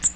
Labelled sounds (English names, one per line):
Magnolia Warbler flight call